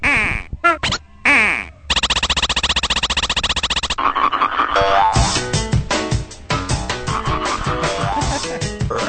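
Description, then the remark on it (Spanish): Quirky stage music from the rhythm video game Parrapa, a stage with a reggaeton frog: choppy cartoonish vocal snippets, then a steady buzzing synth drone, then a busy, bouncy beat with playful layered sounds, loud throughout with no talking. “Vamos a escuchar un pedacito de un stage que es con una rana reggaetonera.”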